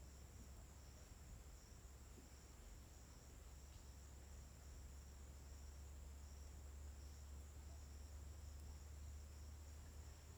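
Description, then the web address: Crickets keep up a uniform, high whining trill for the whole stretch, layered over a constant deep rumble. Daytime ambience at a riverside in forest in Tocantins, with crickets described as uniform. "Ambiente na beira do rio na mata com passaros e grilos homogeneos dia. local tocantins"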